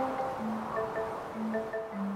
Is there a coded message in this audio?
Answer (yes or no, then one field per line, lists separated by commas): no